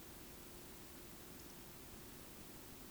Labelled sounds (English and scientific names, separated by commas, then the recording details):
Eurasian Woodcock (Scolopax rusticola) whistle
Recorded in Baden-Württemberg, Germany, on 9 June 2021 at 20:19 UTC
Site 25175, 602 m above sea level